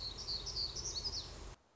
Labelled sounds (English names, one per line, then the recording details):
Black-throated Gray Warbler
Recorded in Sonoma County, California